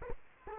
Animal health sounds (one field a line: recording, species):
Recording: mosquito wingbeat signal from an infrared sensor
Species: Culex quinquefasciatus